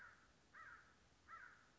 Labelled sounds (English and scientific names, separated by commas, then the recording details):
American Crow (Corvus brachyrhynchos)
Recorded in Sonoma County, California